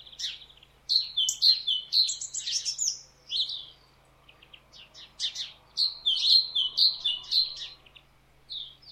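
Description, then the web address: Great tit song, rhythmic two-note phrases repeated in quick runs, mixed with extra sharp chirps and high notes, two strong bursts separated by a short lull. "SETE data Parus major"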